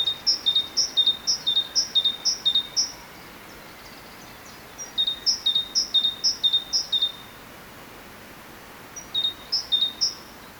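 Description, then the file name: Great tit singing three bouts of sharp paired whistles, separated by short silences. "Parus major"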